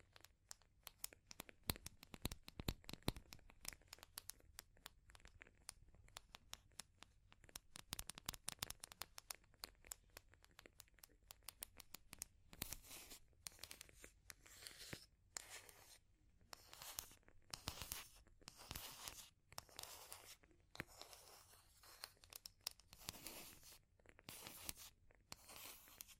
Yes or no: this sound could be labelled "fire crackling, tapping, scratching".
yes